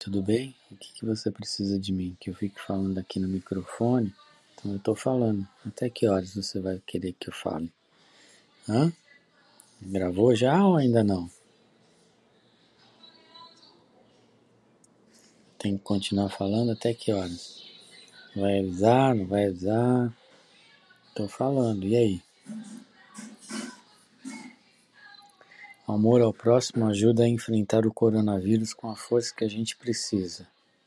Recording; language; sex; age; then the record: spoken sentence; Brazilian Portuguese; male; 50 to 59 years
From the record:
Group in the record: control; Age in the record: 54 years